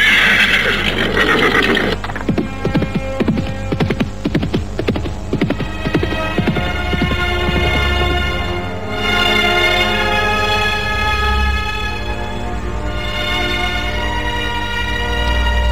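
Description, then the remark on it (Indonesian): A black horse lets out a loud, shrill whinny, then turns and runs fast, its hoofbeats pounding in a steady galloping rhythm, with a low rumbling hum underneath throughout. “Kuda hitam itu dengan patuh berbalik, lalu berlari dengan kencang.”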